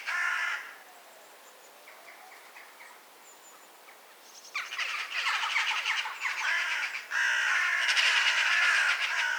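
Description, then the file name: Eurasian magpie giving a harsh, rattling chatter: a brief burst at the start, then a long loud run of rapid grating notes from about four seconds onward. "Pica pica"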